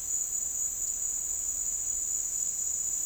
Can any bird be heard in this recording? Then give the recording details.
no. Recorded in dense forest near Puerto Asís, Putumayo, Colombia, on 4 March 2025 at 09:30. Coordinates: 0.499, -76.324. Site GP03